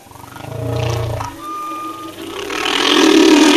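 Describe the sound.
Humpback whale song: a deep pulsed moan, a thin steady tone, then a rough, swelling roar-like unit.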